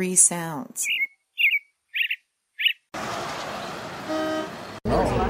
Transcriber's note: audio of birds, audio of traffic, audio of a talking crowd